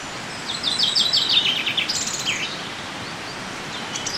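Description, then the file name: Common chaffinch song: one quick descending run of bright notes ending in a short flourish, with a few thin high notes near the end and faint background hiss. "Fringilla coelebs"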